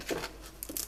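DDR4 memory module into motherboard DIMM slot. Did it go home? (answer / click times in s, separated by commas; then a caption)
no / none. A DDR4 memory module is handled at a single-latch DIMM slot on a motherboard, with soft rustling and crinkling followed by brief sharp taps around 0.6 and 0.8 seconds. Nothing has seated or clicked yet; the module is not yet home in the slot.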